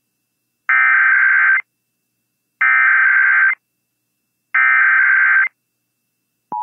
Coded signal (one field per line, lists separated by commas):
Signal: Emergency Alert System (SAME) tones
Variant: header bursts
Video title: Thursday Weekly and Monthly Tests (EAS #10010-10022) 3/2/23